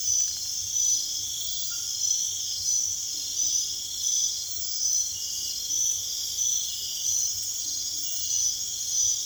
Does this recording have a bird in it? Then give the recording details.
no. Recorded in secondary vegetation near Puerto Asís, Putumayo, Colombia, on 29 June 2025. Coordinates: 0.488, -76.319. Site G094